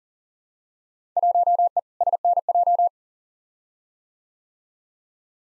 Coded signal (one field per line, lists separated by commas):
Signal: Morse code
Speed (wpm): 37 wpm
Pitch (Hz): 700 Hz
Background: none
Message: 1E SNJ